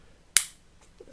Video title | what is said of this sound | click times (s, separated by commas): Pack 1- Fast and Furious Toyota Supra from Fanhome DeAgostini - 1:8 scale | with a nice satisfying click | 0.4 s